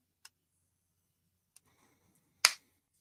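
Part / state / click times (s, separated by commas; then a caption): plastic accessory part into an action figure vehicle / seated / 2.4 s. A plastic accessory part is forced into a G.I. Joe action figure vehicle (Snarl) during an unboxing. Two faint, brief ticks at about 0.3 s and 1.6 s are followed by one loud, sharp snap at 2.5 s as the part pops into place and seats.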